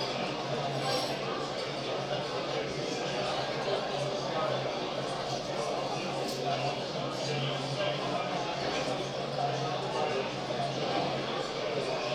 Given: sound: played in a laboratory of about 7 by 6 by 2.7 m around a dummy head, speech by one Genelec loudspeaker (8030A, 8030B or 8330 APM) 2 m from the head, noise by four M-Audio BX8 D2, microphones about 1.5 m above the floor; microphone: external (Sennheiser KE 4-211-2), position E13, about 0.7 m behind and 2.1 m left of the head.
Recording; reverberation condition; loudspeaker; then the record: cafeteria noise; medium; four, about 170 cm from the corners of the room and facing them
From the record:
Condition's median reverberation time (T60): about 510 ms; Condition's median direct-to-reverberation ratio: about -0.5 dB